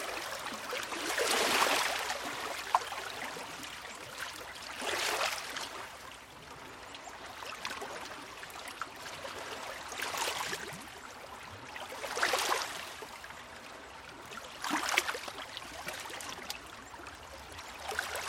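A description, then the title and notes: Small waves wash over a pebble beach, each one arriving as a rushing hiss with a fine rattle of stones, roughly every two to three seconds. The surges swell and fade unevenly, some stronger than others, over a quiet, steady background with little low rumble. Waves on a pebble beach - Awenda Provincial Park. Recorded by Anton Pickard.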